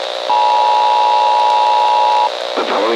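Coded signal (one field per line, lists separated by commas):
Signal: Emergency Alert System (SAME) tones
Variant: 853 and 960 Hz attention tone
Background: speech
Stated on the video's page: Fictional EAS scenario about a national incident.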